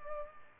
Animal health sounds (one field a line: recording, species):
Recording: mosquito wingbeat signal from an infrared sensor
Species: Culex pipiens